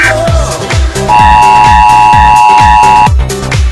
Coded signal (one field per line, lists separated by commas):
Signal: Emergency Alert System (SAME) tones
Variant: 853 and 960 Hz attention tone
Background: music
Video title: ⚠️minecraftia eas alarm (zombie infestation)⚠️